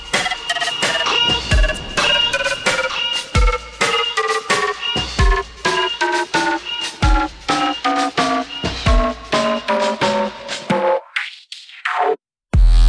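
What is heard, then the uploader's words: At sunrise, clear whistled notes repeat rapidly in a dense, bright run, then fade into a brief hush before a sudden loud burst. Top O' The Shire Sunrise. Recorded at the top of the hill going from late night to sunrise. Lightly edited for length.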